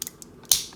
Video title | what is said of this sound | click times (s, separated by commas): Video Review: Transformers: Masterpiece - MPM-9 JAZZ | you'll hear it snap into place. Now his backpack's locked together, | 0.5 s